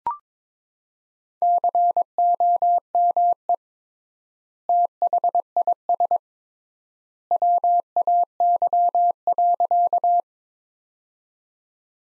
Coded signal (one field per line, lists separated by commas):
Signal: Morse code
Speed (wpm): 22 wpm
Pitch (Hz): 700 Hz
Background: none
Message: COME THIS WAY.